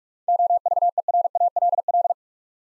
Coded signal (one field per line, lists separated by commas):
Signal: Morse code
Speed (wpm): 47 wpm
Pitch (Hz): 700 Hz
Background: none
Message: OVERALL